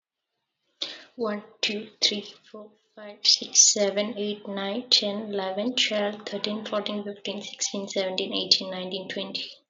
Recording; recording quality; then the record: counting at a normal pace; excellent, no background noise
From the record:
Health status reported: COVID-19 positive, moderate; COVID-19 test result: positive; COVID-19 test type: RT-PCR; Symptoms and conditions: cold, breathing difficulty, sore throat, muscle pain, loss of smell and taste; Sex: female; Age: 22 years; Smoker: no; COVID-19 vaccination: both doses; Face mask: worn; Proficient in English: yes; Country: India